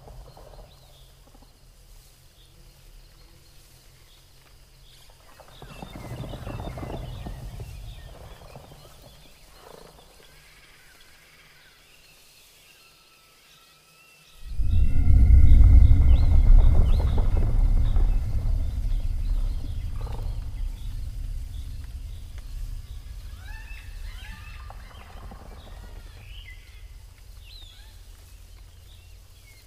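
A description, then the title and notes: Jungle ambience with a low rumbling bed, a swell of rustling and creaking around six to eight seconds, then a sudden heavy surge at fifteen seconds that slowly fades. Faint bird calls and steady insect hiss sit high above throughout. Mysterious jungle ambience | beastlands | deep roar | dangerous forest.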